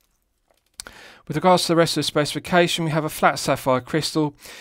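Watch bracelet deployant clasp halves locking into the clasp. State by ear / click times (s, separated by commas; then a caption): seated / 0.8 s, 0.9 s. The solid 316L stainless steel deployant clasp on the bracelet of a Cadisen C8200MWWU watch is pressed closed, and its left and right halves snap shut with two sharp, positive clicks at 0.8 s and 0.9 s. Both halves latch securely, and someone then talks.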